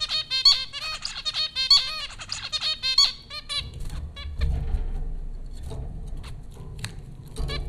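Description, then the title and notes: Zebra finch calls, rapid nasal beeping notes for the first few seconds, then giving way to low rumbling noise with only scattered faint calls. Zebra finches recorded by Dan Bodah at Popcorn School, Flatbush, Brooklyn, New York, in April 2009. "Dronecast: The Popcorn Finches Four from Apr 15, 2009. Zebra finches recorded by Dan Bodah at Popcorn School, Flatbush, Brooklyn NY in April 2009"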